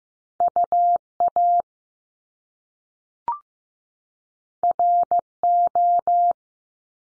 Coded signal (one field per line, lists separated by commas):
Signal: Morse code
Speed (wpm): 15 wpm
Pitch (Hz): 700 Hz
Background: none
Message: UA RO